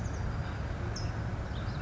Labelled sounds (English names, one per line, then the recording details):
California Towhee
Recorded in Sonoma County, California